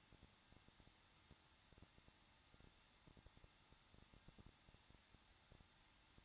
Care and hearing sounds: daily activity, microphone in the room; no activity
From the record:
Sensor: 3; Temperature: 21.2 degrees Celsius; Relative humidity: 36.4%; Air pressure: 1006.4 hPa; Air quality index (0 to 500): 224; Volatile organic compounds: 44 ppm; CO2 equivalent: 3211 ppm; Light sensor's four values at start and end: 2/3/2/2 and 2/3/2/2

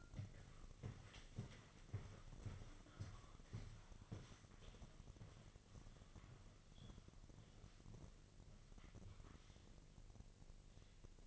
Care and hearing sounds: daily activity, microphone in the room; walk to room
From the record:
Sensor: 4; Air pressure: 1000.3 hPa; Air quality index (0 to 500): 209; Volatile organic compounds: 20 ppm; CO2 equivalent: 2700 ppm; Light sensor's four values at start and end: 9/20/8/7 and 9/21/8/8

